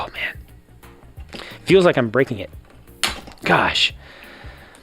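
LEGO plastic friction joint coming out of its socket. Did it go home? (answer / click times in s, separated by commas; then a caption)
released / 3.0 s. A stiff plastic friction joint on a LEGO DC 2018 Batman Movie Bat Space Shuttle (set 70923) is forced out of its socket and released with a sudden loud crack at 3.0 s. Someone talks before and after the crack.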